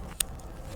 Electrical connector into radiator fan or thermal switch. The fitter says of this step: refit all the connectors by pushing them home firmly till they click into place